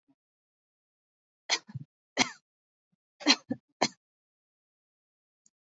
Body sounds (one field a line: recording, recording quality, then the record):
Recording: shallow voluntary cough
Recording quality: excellent, no background noise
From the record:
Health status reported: healthy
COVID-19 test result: negative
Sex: female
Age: 53 years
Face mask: worn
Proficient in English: yes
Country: India